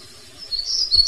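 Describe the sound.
Hermit warbler calls, a short series of thin, very high buzzy chips that grow louder, with faint low rumble beneath.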